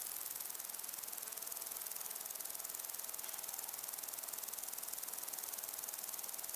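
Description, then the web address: Crickets produce quick, regular high-pitched pulses, about four a second, steady throughout with a faint breathy hiss of wind behind. Crickets and other insects in long grass on a windy day. "beanstalk-audio Crickets and insects in windy long grass"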